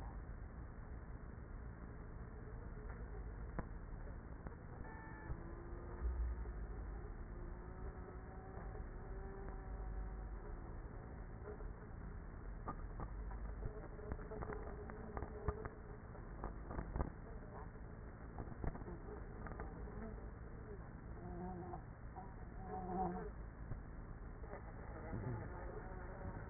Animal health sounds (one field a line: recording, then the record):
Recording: honeybee colony, microphone inside the hive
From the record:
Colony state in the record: queenless with a low population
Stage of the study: after two queens were removed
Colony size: about 30,000 bees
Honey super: no